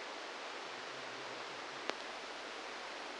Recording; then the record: brain microelectrode recording played as sound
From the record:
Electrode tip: inside the subthalamic nucleus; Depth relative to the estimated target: -1 mm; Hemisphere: left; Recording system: NeuroSet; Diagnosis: Parkinson's disease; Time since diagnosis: 10 years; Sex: male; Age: 63 years